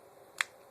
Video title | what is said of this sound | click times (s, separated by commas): KWA HK45 (How to replace loading nozzle) | Snaps right in. | 0.4 s